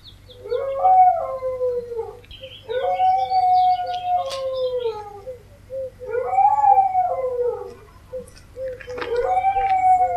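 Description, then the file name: Dog giving repeated wavering howls, each a few seconds long with pitch breaks and falling endings, coming one after another almost without pause. "hurlement chien"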